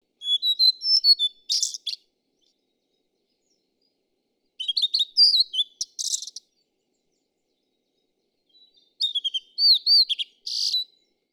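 Bird song, three short bursts of high twittering notes and slurred whistles, each about two seconds long, separated by a few seconds of silence.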